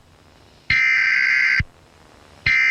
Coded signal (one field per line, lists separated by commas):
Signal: Emergency Alert System (SAME) tones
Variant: header bursts